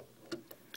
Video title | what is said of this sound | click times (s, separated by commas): FansProject Crossfire 02 BRUTICUS combined mode! | there you go snaps right in and once it's snapped on it stays on uh fairly well | 0.3 s, 0.5 s, 0.7 s